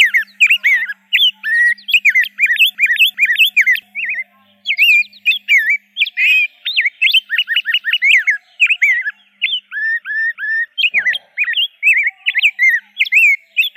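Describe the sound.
Rose-breasted grosbeak song, a long run of rich warbled notes in quick phrases, some slurred upward and downward, with short pauses and a faint low hum early on.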